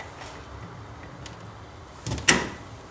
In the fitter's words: there it is just a little click